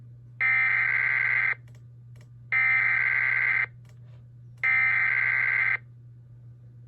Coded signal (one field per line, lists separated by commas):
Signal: Emergency Alert System (SAME) tones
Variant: header bursts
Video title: EAS 920: CTP SVA